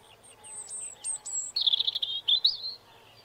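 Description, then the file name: Robin song opening with thin, very high drawn-out notes, then dropping into a fast, sweet, warbling trill that lasts about a second. "birdsong robin"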